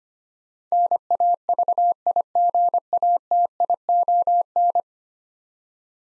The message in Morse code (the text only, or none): NAVIGATION